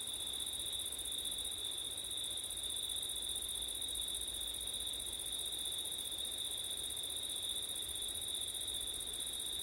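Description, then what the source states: Crickets chirr in a constant high-pitched chorus, the trill steady and unvarying, with light wind noise below. Several crickets singing on a windy September night.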